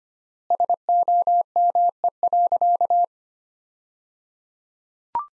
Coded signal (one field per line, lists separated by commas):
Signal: Morse code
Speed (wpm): 25 wpm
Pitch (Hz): 700 Hz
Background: none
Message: SOME.